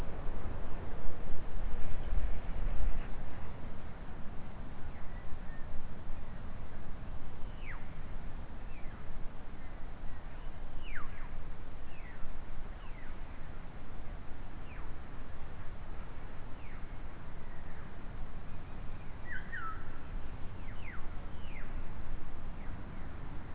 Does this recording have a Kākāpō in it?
no